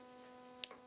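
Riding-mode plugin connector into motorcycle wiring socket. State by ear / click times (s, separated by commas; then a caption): seated / 0.6 s. A riding-mode plugin connector for BMW GS Enduro Pro and Dynamic Pro modes is pushed, clip side up, onto the motorcycle's two-pin wiring socket. A sharp, bright click at 0.6 s is followed by a softer tick, over a steady low hum. The connector latches into its locking mechanism and is seated.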